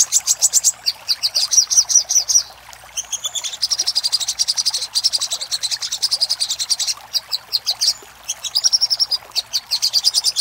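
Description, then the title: Little spiderhunter with sustained strings of high, sharp notes, pausing briefly twice before resuming the rapid series. Master recording for training cage birds; Indonesian name sogok ontong, labelled labaik. "Masteran Burung Sogok Ontong Labaik"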